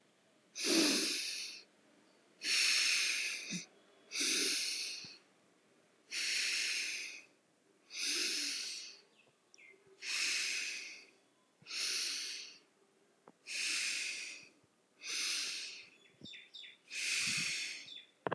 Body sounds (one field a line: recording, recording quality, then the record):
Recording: deep breathing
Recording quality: excellent, no background noise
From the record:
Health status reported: healthy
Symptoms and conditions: none ticked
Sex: female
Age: 19 years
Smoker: not ticked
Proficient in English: yes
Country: India